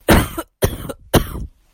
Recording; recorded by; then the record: voluntary cough; messaging app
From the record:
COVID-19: negative